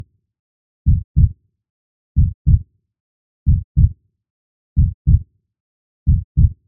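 Slow, regular paired lub-dub heart sounds, about 46 beats a minute.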